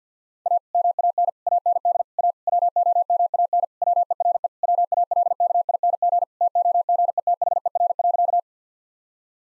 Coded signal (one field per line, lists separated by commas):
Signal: Morse code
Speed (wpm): 50 wpm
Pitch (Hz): 700 Hz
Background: none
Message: A MAN AND A WOMAN WERE WALKING TOGETHER.